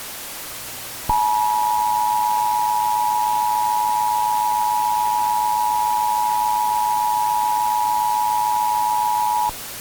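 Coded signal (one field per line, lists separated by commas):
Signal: Emergency Alert System (SAME) tones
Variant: 853 and 960 Hz attention tone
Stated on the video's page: Fictional alert scenario.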